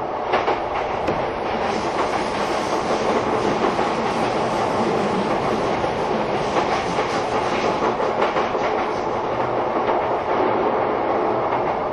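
A train runs steadily along the line, a dense continuous rumble with rattling and faint clicking from the rails throughout the twelve seconds.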